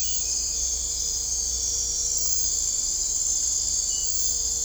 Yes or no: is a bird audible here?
no